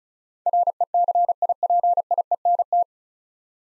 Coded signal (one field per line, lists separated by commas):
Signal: Morse code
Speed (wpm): 34 wpm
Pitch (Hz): 700 Hz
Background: none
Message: RECIPIENT